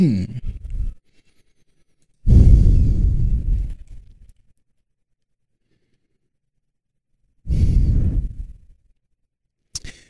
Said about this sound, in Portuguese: Então, a partir de agora, na próxima hora, eu ficarei inteiramente em silêncio. E eu espero que vocês gostem dessa experiência do podcast em silêncio. Às vezes vocês vão ouvir só a minha respiração aqui, tá bom?